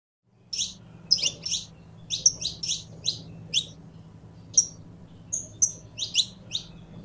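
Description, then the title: Domestic canary giving a rapid run of steep descending chirps, then scattered high piping notes after a short pause, low background hum throughout. "Kenari Portugis"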